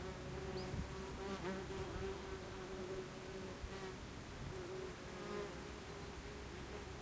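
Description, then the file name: Wasps give an unbroken buzzy hum that swells and fades slightly in loudness, over a faint noisy background. Wasps recorded in Radevormwald, Germany. "Radevormwald - Wespen"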